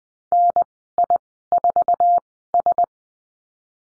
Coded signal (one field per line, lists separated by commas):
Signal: Morse code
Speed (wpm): 20 wpm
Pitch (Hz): 700 Hz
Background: none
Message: NI4S